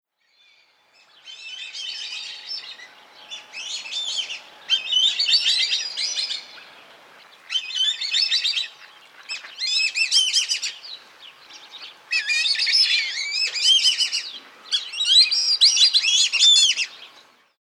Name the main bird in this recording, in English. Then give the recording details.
Black-bellied Whistling Duck. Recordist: Tembrock, Günter. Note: Rufe einer Gruppe